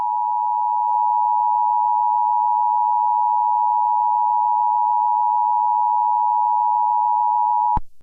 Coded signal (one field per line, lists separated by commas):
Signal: Emergency Alert System (SAME) tones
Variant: 853 and 960 Hz attention tone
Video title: Paradise Emergency Alert System - 04/13/1998